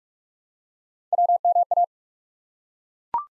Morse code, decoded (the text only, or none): WMA